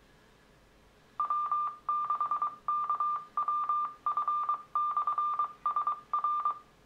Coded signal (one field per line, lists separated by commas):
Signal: Morse code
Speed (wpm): 22 wpm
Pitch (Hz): 1190 Hz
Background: none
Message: W6KWF/SR